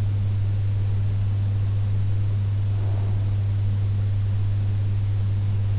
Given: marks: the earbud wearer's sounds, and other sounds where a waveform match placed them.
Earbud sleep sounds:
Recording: sounds in sleep by an in-ear microphone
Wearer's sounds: breath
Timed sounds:
2.51-4.51 s: breath

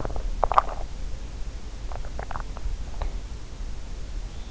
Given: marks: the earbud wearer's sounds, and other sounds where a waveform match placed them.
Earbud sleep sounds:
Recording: sounds in sleep by an in-ear microphone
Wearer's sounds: swallowing, breath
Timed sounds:
0.00-1.13 s: swallowing
1.89-2.79 s: swallowing
2.79-3.38 s: breath

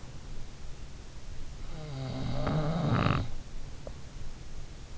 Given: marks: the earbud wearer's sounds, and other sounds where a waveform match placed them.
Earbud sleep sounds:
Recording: sounds in sleep by an in-ear microphone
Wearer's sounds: snoring breath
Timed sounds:
1.45-3.90 s: snoring breath

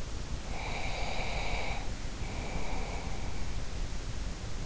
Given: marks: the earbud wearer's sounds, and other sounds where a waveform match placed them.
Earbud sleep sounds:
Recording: sounds in sleep by an in-ear microphone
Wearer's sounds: breath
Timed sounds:
0.29-3.48 s: breath

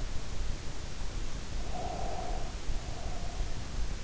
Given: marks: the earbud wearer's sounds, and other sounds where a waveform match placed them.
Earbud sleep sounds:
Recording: sounds in sleep by an in-ear microphone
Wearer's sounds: breath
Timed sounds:
1.68-3.53 s: breath

